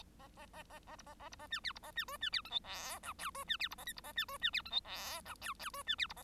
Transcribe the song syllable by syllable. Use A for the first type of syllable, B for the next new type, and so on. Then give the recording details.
A A A A A B A A B A C D B A C E C D F G H I J E C D B A K B A C E C D F G H I J J E C D B A. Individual Bird1